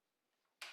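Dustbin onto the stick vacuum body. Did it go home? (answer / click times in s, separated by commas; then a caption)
yes / 0.6 s. A plastic dustbin, hooked by its two hooks into two grooves on the body of a Ryobi One+ 18V stick vacuum, is pressed until it clicks into place. After quiet handling, a sharp, bright plastic click sounds at 0.6 s and briefly rings. The dustbin is seated.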